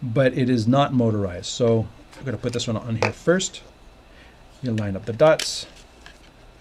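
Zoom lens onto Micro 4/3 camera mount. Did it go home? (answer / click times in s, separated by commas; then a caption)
no / none. A non-motorized Micro 4/3 zoom lens is being lined up by its dots on the camera's metal bayonet mount as someone talks. Only handling is heard; the lens has not locked yet and nothing has clicked into place.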